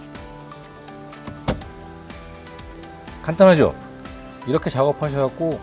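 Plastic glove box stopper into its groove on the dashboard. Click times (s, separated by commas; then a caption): 1.5 s. After a cabin air filter change, a plastic glove box stopper is lined up with its groove on the dashboard, lifted slightly and turned until it clicks into place with a sharp click at 1.5 s. Music plays in the background, and someone talks near the end.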